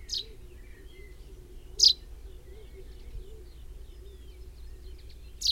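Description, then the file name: Common chaffinch giving three short sharp high call notes at irregular intervals over a low steady hum. "Fringilla coelebs"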